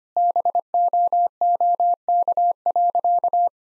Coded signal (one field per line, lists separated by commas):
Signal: Morse code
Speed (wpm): 25 wpm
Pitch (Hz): 700 Hz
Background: none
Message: BOOK.